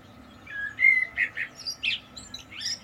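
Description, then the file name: Common blackbird singing a short phrase: a mellow fluted whistle followed by several brief warbled notes and a thin, high twittering ending. "Turdus merula"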